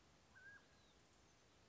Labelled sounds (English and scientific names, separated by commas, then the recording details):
Mountain Quail (Oreortyx pictus)
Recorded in Sonoma County, California